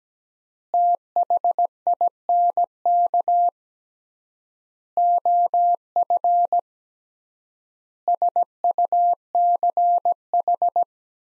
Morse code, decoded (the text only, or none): THINK OF SUCH